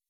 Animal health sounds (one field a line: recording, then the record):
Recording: hydrophone in a shrimp aquaculture tank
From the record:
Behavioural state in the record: weakened